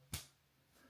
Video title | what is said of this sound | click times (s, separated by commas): INSTA360 X5 - GPS PREVIEW REMOTE WITH BUILT-IN MIC - REVIEW | That snaps into place. | 0.1 s